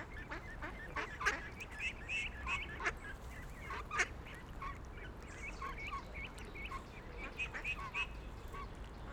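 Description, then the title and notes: Ducks calling in a busy, overlapping chorus of short nasal notes, with low background rumble throughout. Ducks on a lake in a park in Vienna, being given food by the recordists. "Patos Viena. Este es el momento en el cual en un parque de Viena damos comida a unos patos que encontramos en un lago"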